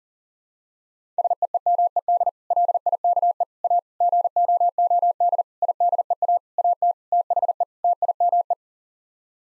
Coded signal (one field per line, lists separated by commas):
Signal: Morse code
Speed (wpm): 40 wpm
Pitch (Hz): 700 Hz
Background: none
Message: SEEMED LIKE A GOOD IDEA AT THE TIME